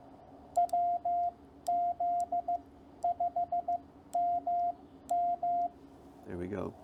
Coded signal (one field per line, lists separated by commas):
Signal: Morse code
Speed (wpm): 15 wpm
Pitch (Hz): 700 Hz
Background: speech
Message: WZ5MM